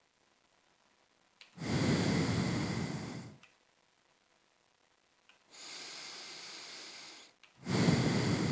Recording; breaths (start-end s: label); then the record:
nose breathing near a microphone
1.40-3.40 s: exhalation
5.30-7.40 s: inhalation
7.40-8.52 s: exhalation
From the record:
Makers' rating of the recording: medium